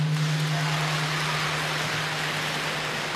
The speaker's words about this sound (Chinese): 您看这掌声就热烈多了吧？